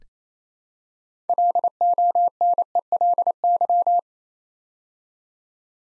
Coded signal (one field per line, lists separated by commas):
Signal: Morse code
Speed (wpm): 27 wpm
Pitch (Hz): 700 Hz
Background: none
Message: LONELY